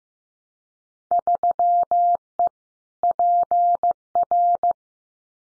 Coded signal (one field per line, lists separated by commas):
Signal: Morse code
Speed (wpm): 15 wpm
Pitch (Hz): 700 Hz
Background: none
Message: 3E PR